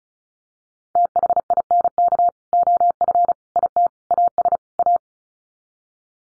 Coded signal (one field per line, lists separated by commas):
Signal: Morse code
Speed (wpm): 34 wpm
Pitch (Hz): 700 Hz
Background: none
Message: THINK OF IT AS A